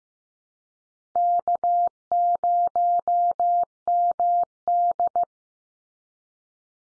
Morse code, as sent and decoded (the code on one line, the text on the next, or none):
-.- ----- -- -..
K0MD